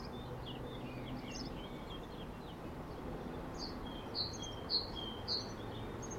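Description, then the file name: Great tit calls: three short, high, bright notes roughly half a second apart near the end, with fainter scattered chirps earlier over a steady low background rumble. "Parus major"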